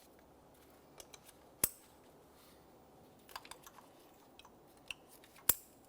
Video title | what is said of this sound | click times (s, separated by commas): How to Replace Variable Valve Timing Solenoid 2014-2018 Mazda 3 2.0L L4 | Press them in until you hear a click. | 1.6 s, 5.5 s